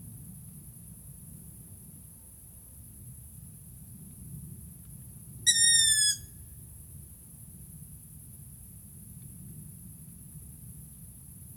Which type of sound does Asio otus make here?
call